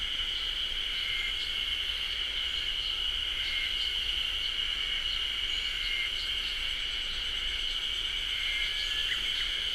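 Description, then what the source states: Chorus of Ezo haru cicadas: a constant high droning buzz layered with soft rhythmic throbs, steady and unbroken for the whole stretch. Chorus of many cicadas in beech forest, Japan; recorded on ZOOM H6.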